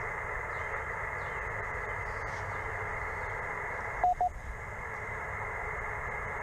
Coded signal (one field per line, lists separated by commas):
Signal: Emergency Alert System (SAME) tones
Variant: header bursts